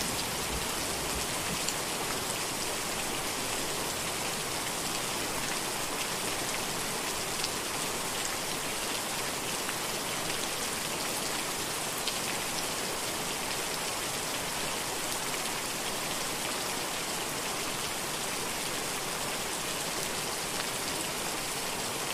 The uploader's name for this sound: Gentle Night Rain